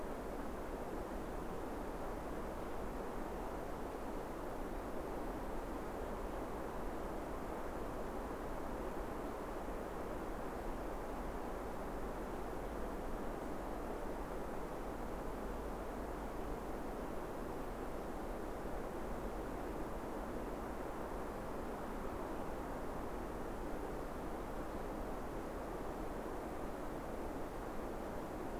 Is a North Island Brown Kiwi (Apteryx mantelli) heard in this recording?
no